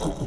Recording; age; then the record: pig call; piglet (1 to 25 days)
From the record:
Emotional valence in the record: negative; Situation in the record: castration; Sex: male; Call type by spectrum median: low-frequency call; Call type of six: low-frequency stable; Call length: 0.27 s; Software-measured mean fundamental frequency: 57 Hz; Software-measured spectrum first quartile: 174 Hz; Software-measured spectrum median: 404 Hz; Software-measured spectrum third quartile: 1152 Hz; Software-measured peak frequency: 149 Hz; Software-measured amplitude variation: 134 dB a second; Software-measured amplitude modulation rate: 14.6 a second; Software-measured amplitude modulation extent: 9.2 dB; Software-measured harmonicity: 2.2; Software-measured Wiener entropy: -1.14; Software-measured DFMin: 1191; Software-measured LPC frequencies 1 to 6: 444, 3236, 3828, 5372, 6042, 6826 Hz